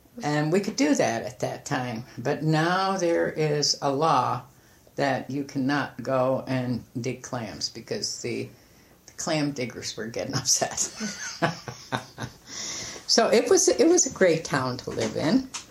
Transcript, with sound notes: And we could do that at that time, but now there is a law that you cannot go and dig clams, because the clam diggers were getting upset. [laughs] So, it was a great town to live in.